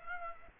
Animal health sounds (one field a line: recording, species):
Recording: mosquito wingbeat signal from an infrared sensor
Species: Aedes aegypti